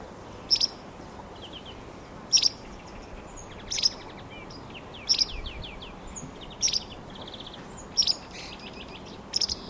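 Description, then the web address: Bird calls: sharp, very high chirps repeated roughly every one and a half seconds, with softer twittering notes between them over a steady low background hiss. "cianscape birddata Deverinetal 2025"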